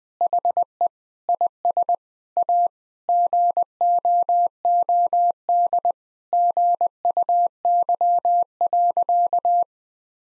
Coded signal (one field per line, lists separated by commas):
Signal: Morse code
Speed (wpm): 20 wpm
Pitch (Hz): 700 Hz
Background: none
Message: HE IS A GOOD GUY.